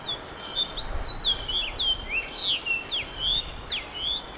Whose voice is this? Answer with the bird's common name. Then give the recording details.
House Finch. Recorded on Long Island, New York, on 21 June 2011. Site IT. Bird A